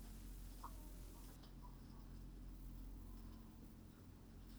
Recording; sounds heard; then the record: poultry house recording; healthy chickens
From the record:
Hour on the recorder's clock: 21